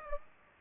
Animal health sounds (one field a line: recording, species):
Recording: mosquito wingbeat signal from an infrared sensor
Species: Aedes aegypti